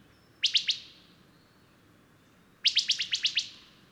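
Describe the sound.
Bird song: three quick high chirps, a pause of about two seconds, then a longer run of seven sharp chirps.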